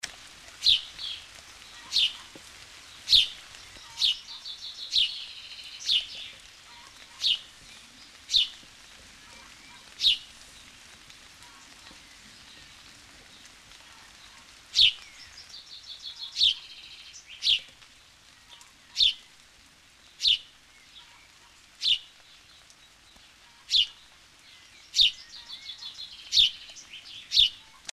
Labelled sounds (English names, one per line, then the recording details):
House Sparrow song
Common Chaffinch
Great Tit
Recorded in the wild
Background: Fringilla coelebs, Parus major
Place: Montreux, Kanton Waadt, CH
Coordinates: 46.4586, 6.94
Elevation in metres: 1165
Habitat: mountains
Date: 1986-05-20
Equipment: Uher 4000 Report, Sennheiser MKH 815 T
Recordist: Tretzel, Erwin
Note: oberhalb Sonloup beim verlassenen Bauernhof, bei Montreux, Schweiz: Schilpen